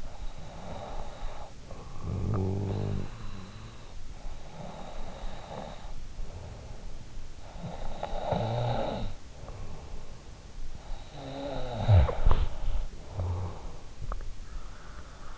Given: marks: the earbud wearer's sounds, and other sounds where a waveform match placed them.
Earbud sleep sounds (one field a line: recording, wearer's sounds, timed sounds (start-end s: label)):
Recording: sounds in sleep by an in-ear microphone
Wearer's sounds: snoring breath, breath, body movement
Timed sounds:
0.60-3.96 s: snoring breath
4.41-7.16 s: breath
7.16-9.85 s: snoring breath
10.82-13.51 s: snoring breath
11.79-14.65 s: body movement